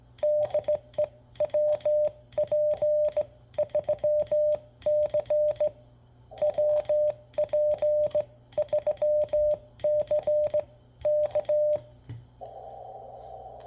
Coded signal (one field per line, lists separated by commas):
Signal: Morse code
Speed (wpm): 18 wpm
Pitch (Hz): 600 Hz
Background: radio noise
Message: DE WP3C WP3C K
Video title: Learn Morse Code FAST! How to Start Sending & Receiving CW